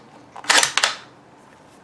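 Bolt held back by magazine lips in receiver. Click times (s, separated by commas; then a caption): 0.8 s. The bolt of a GSG MP-40 9mm-pattern submachine-gun replica is pulled fully back with a .22 LR magazine inserted, making a short burst of metallic sliding and rattling from about 0.4 s. A sharp metallic clack at 0.8 s marks the bolt being held back by the higher .22 LR magazine lips in the receiver. The bolt now locks in place.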